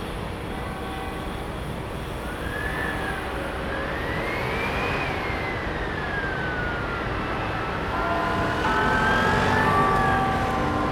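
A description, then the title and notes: Early-morning traffic rumbles steadily, a dense low wash of passing vehicles that swells slightly louder toward the end. A siren wails from about two seconds on, rising and falling slowly, while faint higher tones sit above the road noise. Captured in Parliament Square, London. Daylight is just breaking and the roads around Parliament are beginning to get busy with traffic.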